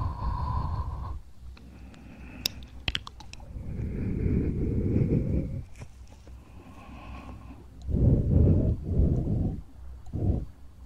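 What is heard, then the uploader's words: Ear cleaning and massage sounds: bursts of low rubbing and muffled rumbling come and go, with a strong stretch at the start, another around four to six seconds, and several rapid pulses near eight to ten seconds. Sharp clicks and crackles pop up around two to three seconds. ASMR Ear cleaning & Ear massage.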